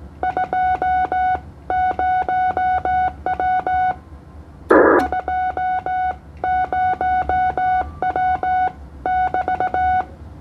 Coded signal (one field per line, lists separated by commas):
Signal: Morse code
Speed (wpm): 16 wpm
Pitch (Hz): 740 Hz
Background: none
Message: 20W 20W <BT>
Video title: CW 15m Band Indonesia ke Philipina 20 watt